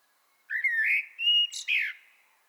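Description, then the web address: Common blackbird song: one short mellow warbled phrase of rising and falling whistles with a thin squeaky note near the end. "pub SETE data Turdus merula"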